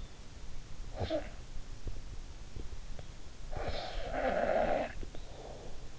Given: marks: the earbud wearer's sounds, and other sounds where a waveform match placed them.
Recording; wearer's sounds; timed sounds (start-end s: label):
sounds in sleep by an in-ear microphone; snoring breath
0.88-1.40 s: snoring breath
3.45-5.82 s: snoring breath